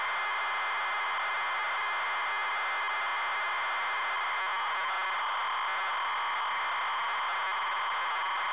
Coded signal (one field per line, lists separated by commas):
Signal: ZX Spectrum tape loading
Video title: Bombjack - Zx Spectrum (Loading & Gameplay)